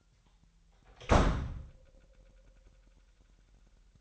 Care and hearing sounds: daily activity, microphone in the room; close door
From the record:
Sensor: 3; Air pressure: 998.4 hPa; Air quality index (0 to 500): 140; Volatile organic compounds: 4 ppm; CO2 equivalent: 1684 ppm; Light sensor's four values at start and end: 16/47/19/18 and 16/47/19/18

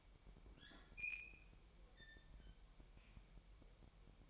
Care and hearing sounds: daily activity, microphone in the room; open fridge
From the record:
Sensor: 1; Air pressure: 1002.0 hPa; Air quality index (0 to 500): 244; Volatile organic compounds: 50 ppm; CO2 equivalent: 3296 ppm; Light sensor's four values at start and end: 8/27/10/11 and 8/27/10/11

